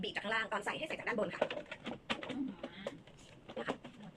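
Someone talks while putting the plastic cover back onto an eSpring water purifier housing, fitting it from the top. Light plastic handling knocks are heard around 2.9, 3.1 and 3.9 seconds. Nothing has seated or clicked yet.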